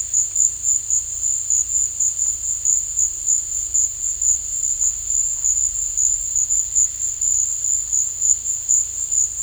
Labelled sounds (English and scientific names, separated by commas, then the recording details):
none
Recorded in dense forest near Puerto Asís, Putumayo, Colombia, on 18 December 2024 at 15:30
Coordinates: 0.486, -76.317
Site G003